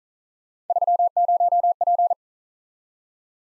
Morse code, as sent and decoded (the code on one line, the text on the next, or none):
...-- ----- .--.
30P